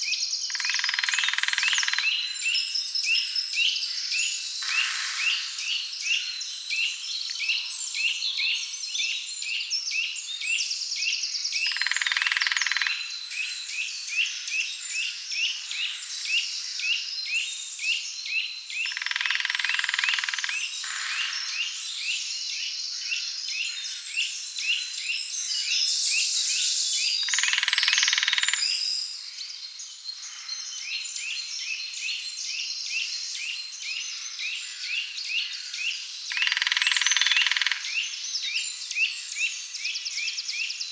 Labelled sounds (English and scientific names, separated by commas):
Lesser Spotted Woodpecker (Dendrocopos minor) drumming